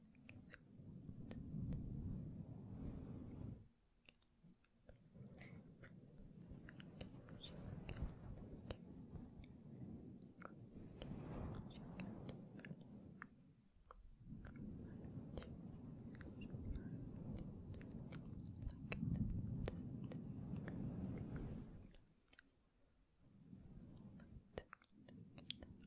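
Gentle mic touching with faint, inaudible whispering: dense, muffled rubbing and soft thumps form long stretches, sprinkled with small crackly, mouth-like clicks. The sound drops to near silence briefly around 4, 14 and 22 seconds before the handling resumes.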